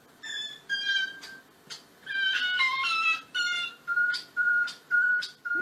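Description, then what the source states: Common starling mimicry: varied harmonic whistled notes, then a steady series of clear repeated whistles about every half second. Talking starling found online, presented as a superstar mimic.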